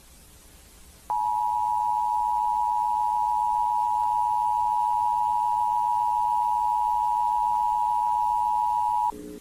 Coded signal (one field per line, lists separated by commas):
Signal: Emergency Alert System (SAME) tones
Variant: 853 and 960 Hz attention tone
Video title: EAS Scenario: Thawed Earth - Episode 1: Starting in Miami